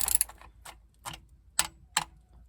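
A torque wrench set to about 35–36 Nm tightens a plastic oil filter cap in its filter housing on a 2014 Kia Sportage 2.0 CRDI. Short ratcheting ticks are heard, then the wrench clicks sharply at its setting at about 1.6 s and again at 2.0 s, confirming the cap is at torque.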